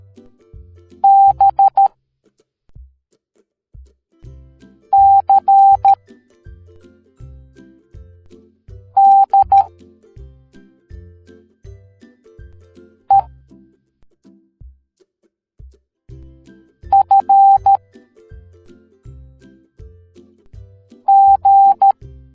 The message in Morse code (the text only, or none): B C D E F G